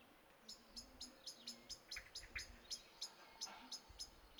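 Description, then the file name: Common blackbird giving thin, sharp ticking notes in a steady series, with a low rumble of background noise. "Turdus merula"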